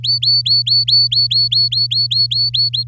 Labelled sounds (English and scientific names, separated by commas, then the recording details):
Domestic Canary (Serinus canaria) song
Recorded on 11 May 2018 at 05:35
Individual llb16